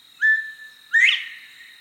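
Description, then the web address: Northern Bobwhite whistling a two-part call: a steady, level note followed by a sharply rising, louder upslurred note. "BIRD NOTE. Bobwhite"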